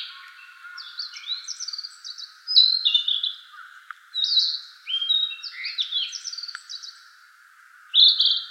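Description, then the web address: Narcissus flycatcher song in repeated bursts of clear whistles and warbled, tumbling phrases separated by short gaps, over a constant background hum. Recorded 25 April 2017. "birdenaga kibitaki 170425"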